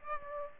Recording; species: mosquito wingbeat signal from an infrared sensor; Aedes aegypti